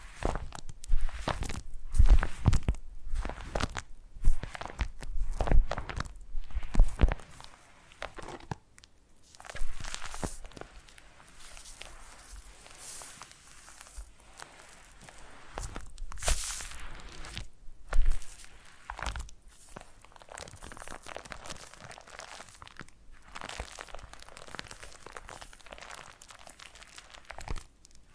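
Foam being squeezed and rubbed, giving soft crinkling, crunching bursts in quick irregular strokes. The first eight seconds are dense and loud. After that the strokes thin out into quieter, scattered squishes and rustles, with a sharp brighter burst around sixteen seconds.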